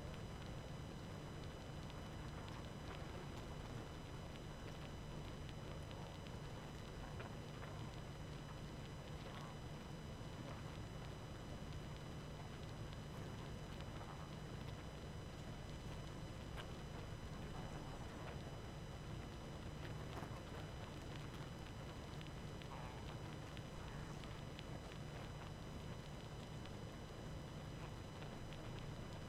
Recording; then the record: honeybee colony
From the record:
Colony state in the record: active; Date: 12 June 2018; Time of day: 23:59